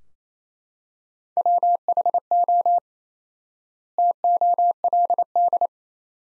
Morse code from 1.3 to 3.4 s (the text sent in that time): WHO